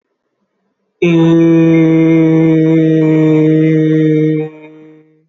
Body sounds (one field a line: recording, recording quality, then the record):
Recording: sustained vowel as in made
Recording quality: excellent, no background noise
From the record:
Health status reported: healthy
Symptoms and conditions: muscle pain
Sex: male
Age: 24 years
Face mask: worn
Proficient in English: yes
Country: India